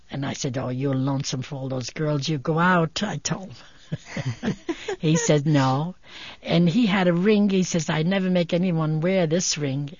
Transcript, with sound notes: And I said, "Oh, you're lonesome for all those girls you go out," I told. (they laugh) He said, "No." And he had a ring. He says, "I never make anyone wear this ring.